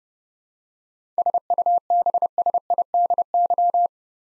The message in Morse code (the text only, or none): SUBSIDY